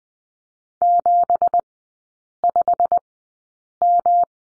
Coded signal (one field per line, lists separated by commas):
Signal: Morse code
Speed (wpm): 20 wpm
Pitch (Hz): 700 Hz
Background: none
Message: 75M